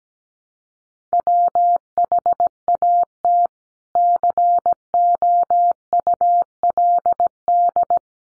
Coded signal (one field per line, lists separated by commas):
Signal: Morse code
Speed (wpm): 17 wpm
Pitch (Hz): 700 Hz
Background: none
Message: WHAT COULD